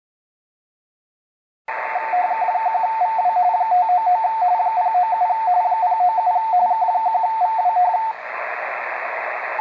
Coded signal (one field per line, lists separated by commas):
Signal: RTTY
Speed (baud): 45.45 baud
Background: radio noise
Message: K1VW 599 097 097 K1VW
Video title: Xiegu X5105 decoding RTTY during WAE RTTY contest November 2019